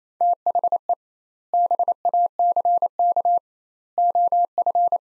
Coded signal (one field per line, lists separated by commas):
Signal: Morse code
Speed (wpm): 28 wpm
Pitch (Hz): 700 Hz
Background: none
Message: THE BACK OF